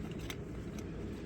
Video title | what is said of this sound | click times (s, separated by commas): How to replace exterior door Handle 2007-2021 Hyundai elantra | but it's not really making a click sound as you heard. It's a very small click sound, but that latch is in there | 0.3 s, 0.8 s